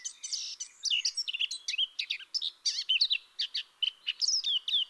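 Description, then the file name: Eurasian blackcap song, a long rapid flow of chattering and fluty whistled notes, varied in pitch, with no real break. "Sylvia atricapilla"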